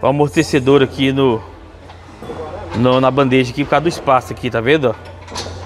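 A high-performance shock absorber is being worked into its mount on the lower control arm of a Ford Ranger 3.2 pickup truck while someone talks. Faint background noise sits under the speech. Nothing has seated or clicked yet; the shock absorber is not home by the end.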